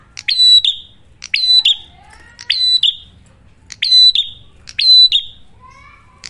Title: Masteran Duet Cililin Vs Kapas Tembak. Prenjak Gacor. Ngalun Kencang, Ampuh Banget Buat Pikat Ataupun Masteran